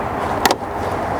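A plastic latching plug on the stock tailgate wiring harness of a Tacoma truck is pulled out of its socket, with a flathead screwdriver as an optional aid for stubborn connectors. Over steady low background noise, a sharp click sounds at 0.5 s, quickly followed by a second, softer snap, and the connector releases.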